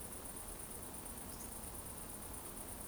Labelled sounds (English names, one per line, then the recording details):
Eurasian Woodcock whistle
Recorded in Baden-Württemberg, Germany, on 25 June 2020 at 20:34 UTC
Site 14569, 102 m above sea level